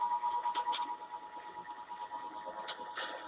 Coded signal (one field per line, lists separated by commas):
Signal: Emergency Alert System (SAME) tones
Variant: 853 and 960 Hz attention tone